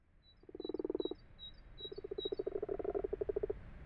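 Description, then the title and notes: Common frog giving a short pulsed purring burst, then a longer rapidly pulsed purr, with a faint high note repeating steadily behind it that stops partway through. Common frogs purring in daytime, around 12:00–12:45 on 21 February 2020, in an abandoned water-filled wash house in a field at Fourcinet, Drôme, France; binaural recording on a Nagra LB. "Fourcinet - Drôme. les Grenouilles rousses (Rana temporia)"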